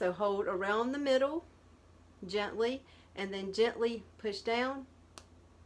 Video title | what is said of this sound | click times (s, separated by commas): 🍋 How To Properly Make Vitamin C Pills! Make Vitamin C Capsules With Me! Easy, DIY! | do you hear the click there you go | 5.2 s